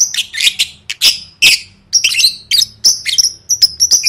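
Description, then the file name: Lovebird chirping: sharp, shrill chirps and short squeaks come thick and fast, ending in a string of clear whistled peeps. "tieng vet mau don"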